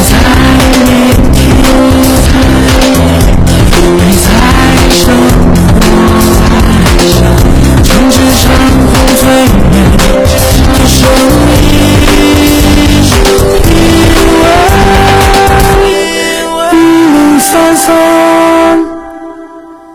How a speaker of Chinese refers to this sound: 我们心中都有个舒马赫，但不是每个人都开过 ID.1。城美索尼克卡丁车带你撒把野，你就是下一个车王。